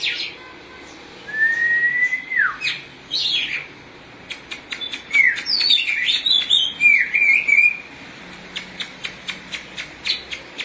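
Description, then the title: Oriental magpie-robin song opening with a long sliding whistle, then varied twittering and squeaky phrases, ending in a series of short spaced clicks. Chirping song (kicauan) of the bird. "Suara Kicauan Burung Kacer Durasi Panjang"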